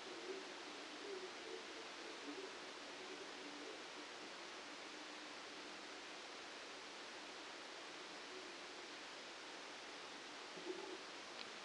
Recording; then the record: brain microelectrode recording played as sound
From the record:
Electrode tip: outside the subthalamic nucleus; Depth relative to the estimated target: -10 mm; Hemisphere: left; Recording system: NeuroSet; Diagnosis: Parkinson's disease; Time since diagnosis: 9 years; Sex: male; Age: 56 years